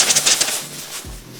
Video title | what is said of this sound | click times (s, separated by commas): 【3年待った！】ミニマルなゲームボーイ互換機『Analogue Pocket』開封レビュー！ | まずはやっぱりこれですかねカチッとします | 0.4 s